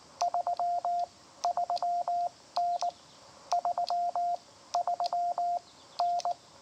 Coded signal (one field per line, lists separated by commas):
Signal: Morse code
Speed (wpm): 19 wpm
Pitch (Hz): 700 Hz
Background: none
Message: 33N 33N